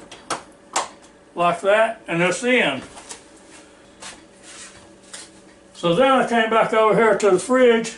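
After thawing, the removed refrigerator water-dispenser part is pushed back into its housing and seats with a sharp click at 0.3 s, framed by smaller clicks near 0.1 s and 0.8 s. Someone talks through most of the clip, and a softer knock is heard around 5.1 s.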